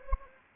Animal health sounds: mosquito wingbeat signal from an infrared sensor; Anopheles gambiae

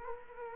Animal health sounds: mosquito wingbeat signal from an infrared sensor; Culex quinquefasciatus

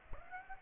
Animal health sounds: mosquito wingbeat signal from an infrared sensor; Aedes aegypti

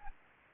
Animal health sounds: mosquito wingbeat signal from an infrared sensor; Anopheles arabiensis

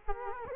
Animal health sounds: mosquito wingbeat signal from an infrared sensor; Culex quinquefasciatus

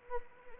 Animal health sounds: mosquito wingbeat signal from an infrared sensor; Anopheles arabiensis

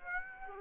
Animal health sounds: mosquito wingbeat signal from an infrared sensor; Aedes aegypti

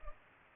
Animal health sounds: mosquito wingbeat signal from an infrared sensor; Culex pipiens

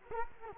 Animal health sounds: mosquito wingbeat signal from an infrared sensor; Culex quinquefasciatus

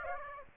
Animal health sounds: mosquito wingbeat signal from an infrared sensor; Aedes aegypti

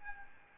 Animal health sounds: mosquito wingbeat signal from an infrared sensor; Aedes albopictus

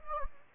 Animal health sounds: mosquito wingbeat signal from an infrared sensor; Anopheles gambiae

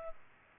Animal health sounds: mosquito wingbeat signal from an infrared sensor; Culex pipiens

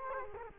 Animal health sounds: mosquito wingbeat signal from an infrared sensor; Culex quinquefasciatus

